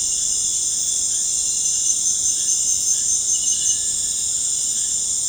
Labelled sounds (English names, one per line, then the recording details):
Cinereous Tinamou
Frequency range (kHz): Cinereous Tinamou 1.2-2.3 kHz
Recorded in dense forest near Puerto Asís, Putumayo, Colombia, on 22 June 2025 at 18:30
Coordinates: 0.486, -76.317
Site G065